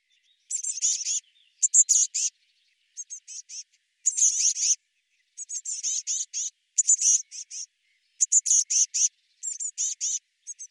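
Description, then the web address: Eurasian blue tit uttering high, tinkling call notes in tight runs of several, some sweeping downward, coming in irregular bursts separated by short pauses. "cianscape birddata Deverinetal 2025 File cleaned normalized Bird Cy Ca"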